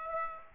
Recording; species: mosquito wingbeat signal from an infrared sensor; Aedes aegypti